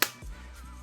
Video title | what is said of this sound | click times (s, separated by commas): The Best Mous Case Yet? Limitless for iPhone 17 Pro Max & iPhone Air | yep, snaps on there with no issues. | 0.0 s